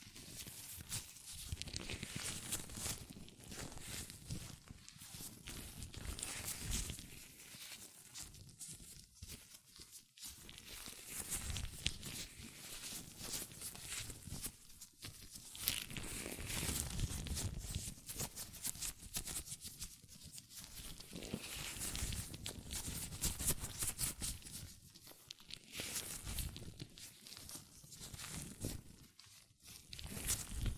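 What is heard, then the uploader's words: Hands move inside latex gloves, producing a continuous rustle of rubbery rubbing, squeaks and crinkles that fills the whole half minute. The texture is dense and irregular, swelling into louder bursts around 12, 16 and 20 seconds, with brief quieter dips in between. ASMR Latex Gloves Hand Sounds (No Talking).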